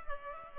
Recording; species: mosquito wingbeat signal from an infrared sensor; Culex pipiens